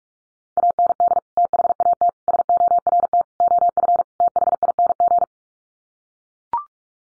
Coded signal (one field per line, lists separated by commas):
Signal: Morse code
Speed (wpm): 44 wpm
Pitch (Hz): 700 Hz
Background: none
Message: AND THAT SORT OF THING